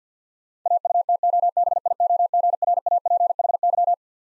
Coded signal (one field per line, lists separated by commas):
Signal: Morse code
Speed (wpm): 50 wpm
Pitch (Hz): 700 Hz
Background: none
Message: AUTOBIOGRAPHY